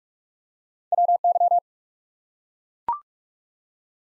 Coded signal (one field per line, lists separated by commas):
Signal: Morse code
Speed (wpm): 44 wpm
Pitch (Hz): 700 Hz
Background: none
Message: WY